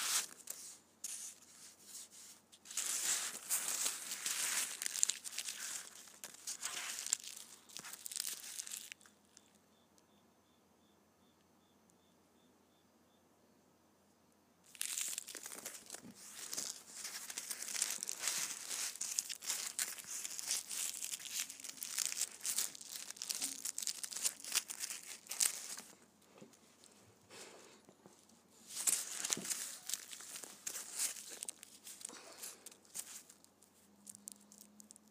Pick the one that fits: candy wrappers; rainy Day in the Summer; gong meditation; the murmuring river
candy wrappers